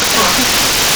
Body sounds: coughing mixed with background sound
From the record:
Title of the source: Barking cough - # 10

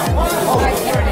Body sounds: background sound without coughing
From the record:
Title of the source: Nightlife Party Simulating Party Club Noise 1 Hour

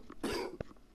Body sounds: coughing mixed with background sound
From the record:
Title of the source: Coughing 77

